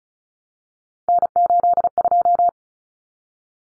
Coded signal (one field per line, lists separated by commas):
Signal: Morse code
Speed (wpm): 34 wpm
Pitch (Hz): 700 Hz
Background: none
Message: N82